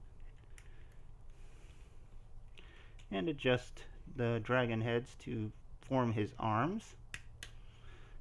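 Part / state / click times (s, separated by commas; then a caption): dragon-head arm parts into the transforming figure's body / seated / 7.1 s, 7.4 s. While someone talks, the dragon-head arm parts of a plastic Takara Transformers Legends Doublecross figure are adjusted to form its arms and pushed into the transforming figure's body. Two sharp clicks at 7.1 s and 7.4 s mark the parts snapping into place, seated.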